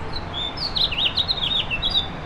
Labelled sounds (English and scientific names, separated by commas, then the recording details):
House Finch (Haemorhous mexicanus) song
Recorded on Long Island, New York, on 7 June 2011
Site MV
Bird A